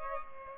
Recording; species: mosquito wingbeat signal from an infrared sensor; Culex pipiens